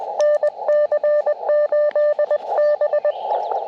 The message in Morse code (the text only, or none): NC8B